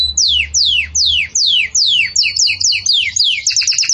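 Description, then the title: Belgian canary song of slow downward-sweeping whistles about every half second, quickening into short repeated double notes and a fast trill. Belgian canary song used for teaching breeding chicks (encarte de filhotes); 'campainha' style song. "Belíssimo Canto Do Canário Belga Campainha Para Encarte De Filhotes"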